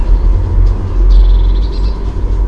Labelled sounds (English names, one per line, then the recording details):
Eurasian Blue Tit
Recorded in Germany
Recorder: ecoPi